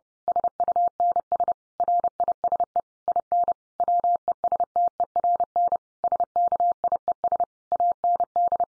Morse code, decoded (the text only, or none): SUNS RISE IN WESTERN SKIES AND